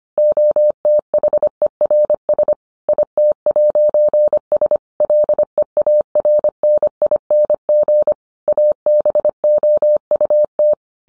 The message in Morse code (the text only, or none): OTHERS IT'S LEARNING ABOUT